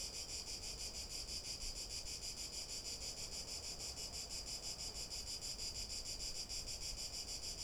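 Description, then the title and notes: Cicada song, an unbroken shrill buzz with fast regular pulses, over a low continuous background rumble. Cicada recorded from boardwalks around the lake at the Albufera de Valencia, Spain, on an afternoon walk; sea and lake audible; Zoom H1n recorder. "Valencia, España - Paseo por la Albufera. Chicharra [Cicadidae]"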